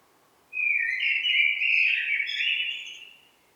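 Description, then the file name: Blackbird song: a full, mellow whistled phrase with slurred ups and downs, about three seconds long, tailing off quietly. "Turdus merula"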